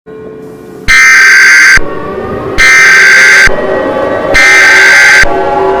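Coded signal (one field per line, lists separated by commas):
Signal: Emergency Alert System (SAME) tones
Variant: header bursts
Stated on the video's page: Fictional EAS scenario.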